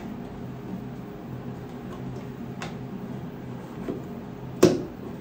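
A 3D-printed plastic trim piece, its edge cleaned up first, is pressed into its slot in the birdhouse body. After a faint tick at 2.6 s over low room hum, it pops into place with a sharp click at 4.6 s and sits seated.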